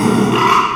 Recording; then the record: squeal of a Yucatan mini pig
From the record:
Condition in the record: after surgery on the right vocal fold (resection and tissue-engineered implant); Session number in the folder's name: 1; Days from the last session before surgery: 6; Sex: male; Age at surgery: 12 weeks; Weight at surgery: 13 kg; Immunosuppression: cyclosporine, prednisolone